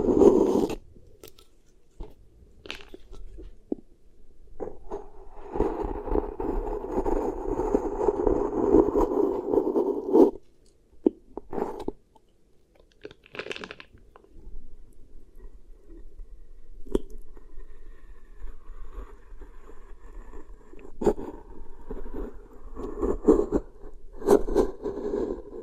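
Beeswax being worked against the ear makes soft, sticky squishing and crunching sounds. A dense, continuous stretch of rubbing runs from about 5 to 10 seconds, followed by quieter intermittent squishes, sharp crinkly clicks, and a low murmur of gentle handling.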